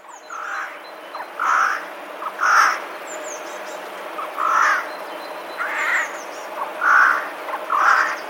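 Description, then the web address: Eurasian jay giving about seven hoarse, grating screeches in an uneven series, while faint high chirps of other birds sound over a constant low hiss. Alarm call of a Eurasian jay, recorded on 28 January 2021. "wroblowe ostrzegator sojka 28 01 2021"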